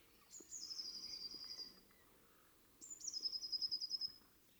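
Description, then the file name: Eurasian blue tit singing two high phrases, each a thin opening note sliding into a rapid trill, with faint lower chirps in the background. "Cyanistes caeruleus"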